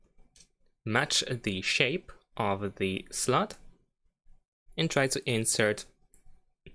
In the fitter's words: Most likely you will hear a little click once you do that.